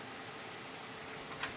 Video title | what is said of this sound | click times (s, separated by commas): Learn how easy it is to EDM holes with the Seibu wire EDM machines | pushing it in you should hear a click | 1.4 s